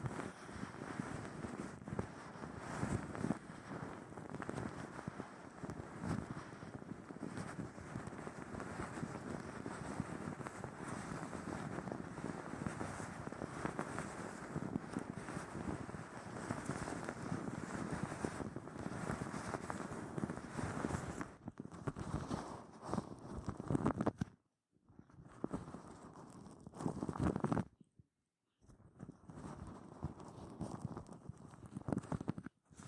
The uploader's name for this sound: Cleaning Deep in Your Ears Ear Massage